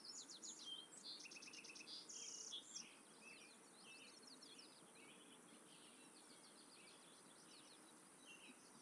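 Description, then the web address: Warbler song, short buzzy trills and high chattering phrases, strongest in the first three seconds, then fainter snatches, over a constant hiss. "mmainguy immersive 2. warbler"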